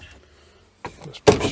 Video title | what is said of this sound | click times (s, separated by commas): 2003 Roadtrek 190 Versatile For Sale1 KCR | locks in place on the other side you've got the second drawer which I cut down | 1.3 s